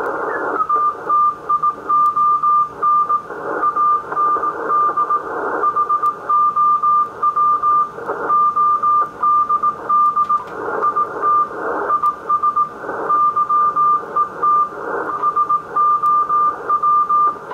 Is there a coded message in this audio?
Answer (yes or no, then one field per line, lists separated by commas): yes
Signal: Morse code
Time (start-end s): 0.7-17.3 s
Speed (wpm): 18 wpm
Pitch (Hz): 1190 Hz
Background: radio noise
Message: TTION AND HOW ODD IT IS YET SOW